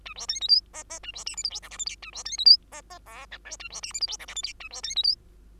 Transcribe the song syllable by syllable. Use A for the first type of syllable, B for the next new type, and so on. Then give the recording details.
A B C D E F F A B G H I J K L M N A B C D E F F O P Q A B G H I J K L M N A B C D E. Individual Bird2